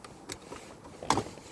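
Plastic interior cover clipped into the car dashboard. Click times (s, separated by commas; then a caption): 0.3 s, 1.1 s. A plastic interior cover over the OBD and fuse area, clipped into the dashboard of a Hyundai i10 IA model, is unclipped by hand at its two side clips while wireless central door locking is being fitted. Two sharp plastic clicks sound at 0.3 s and 1.1 s, the second much louder, over a faint background. The cover is released and comes off.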